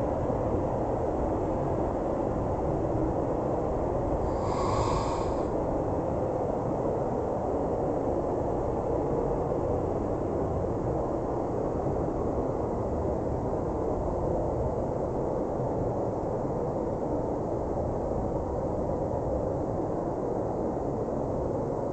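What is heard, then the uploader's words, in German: A car drives through a tunnel, its deep, dense rumble holding steady and even at a constant loudness throughout. Around the five-second mark a brief, brighter hiss rises over the roar, then fades back into the unchanging drone. Mental Escape Pod - Auto im Tunnel nach Laterns.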